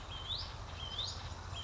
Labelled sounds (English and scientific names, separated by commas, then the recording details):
Hutton's Vireo (Vireo huttoni)
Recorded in Sonoma County, California